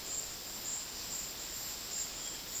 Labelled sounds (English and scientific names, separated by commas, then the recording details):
none
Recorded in dense forest near Puerto Asís, Putumayo, Colombia, on 21 February 2024 at 13:30
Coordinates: 0.500, -76.322
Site G6465